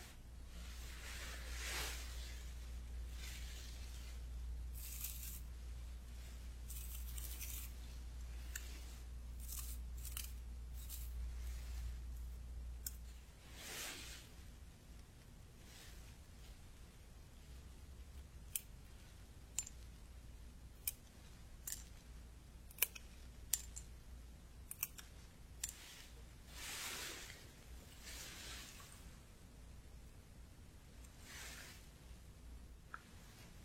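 Traditional Chinese medicine being dispensed and pounded: soft rustling swishes and sharp clicks, with a low hum underneath for the first thirteen seconds.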